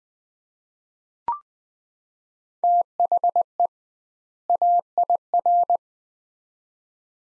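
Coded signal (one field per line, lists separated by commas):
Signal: Morse code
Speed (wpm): 20 wpm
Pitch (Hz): 700 Hz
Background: none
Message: THE AIR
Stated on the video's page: Morse practice at 20 wpm: two-word sets with 2x word-spacing, a Farnsworth-like head-copy drill.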